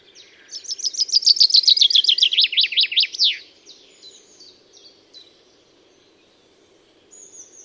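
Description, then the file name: Common chaffinch singing one bright song, a rapid trill of repeated notes that steps down in pitch and ends in a quick flourish, followed by faint scattered notes. "Fringilla coelebs"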